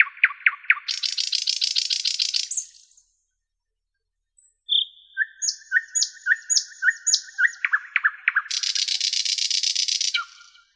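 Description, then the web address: Common nightingale delivering a quick note series into a dense buzzy trill, brief silence, then a rhythmic chain of whistled notes and another long rattle. "soorten sounds N Nightingale"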